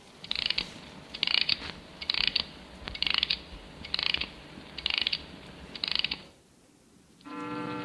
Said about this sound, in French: Je vais remonter l'horloge pour me donner du sérieux. Il doit être 6 heures du matin, entre 6 heures et 6 heures 5.